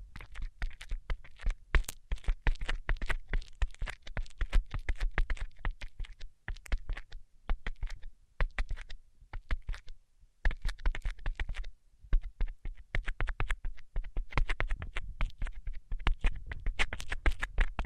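Quick fingertip tapping fills the clip in dense, uneven bursts, each tap a sharp click with a dull low thump beneath. Short pauses break the flow around six, ten and twelve seconds before the rapid tapping resumes. No voice is heard.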